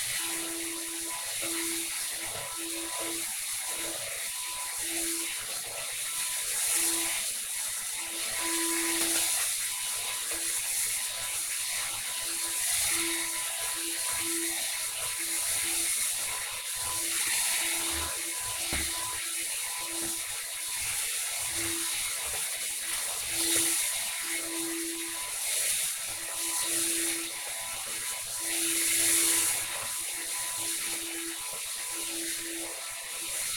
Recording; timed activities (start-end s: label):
household activities, microphone on the right wrist
0.00-33.57 s: vacuum cleaning